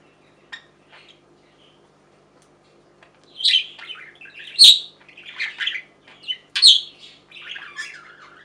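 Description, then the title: Budgerigar calls: a few soft clicks, then after three seconds a run of loud chirps and squawks with buzzy warbling. "Budgie Sounds"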